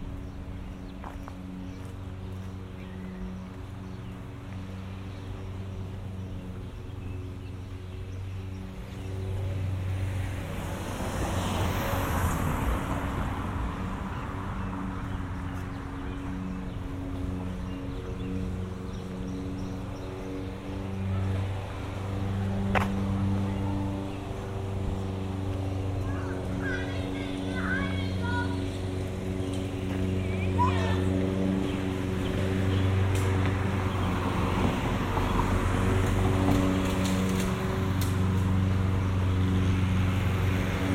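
A suburban walk with a steady low engine hum throughout, a car swelling past around eleven seconds, and scattered clicks and faint voices.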